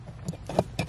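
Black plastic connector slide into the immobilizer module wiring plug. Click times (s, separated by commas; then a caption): 0.6 s. After a pin is inserted into slot 8 of the immobilizer module wiring plug on an E46 M3 being converted from SMG to manual, the black plastic connector slide is pushed back on. Faint plastic ticks at about 0.3, 0.5 and 0.8 s surround the loudest sharp click at 0.6 s. That click is the slide seating home and locking back into place.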